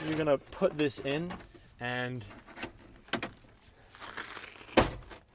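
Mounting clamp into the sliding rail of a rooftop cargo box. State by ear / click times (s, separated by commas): seated / 3.1 s, 4.8 s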